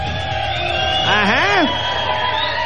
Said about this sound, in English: We're at the Crossroads Parkway exit of the 60 Freeway in the City of Industry. Everybody boozing. This is always a wild crowd. Cinco de Mayo.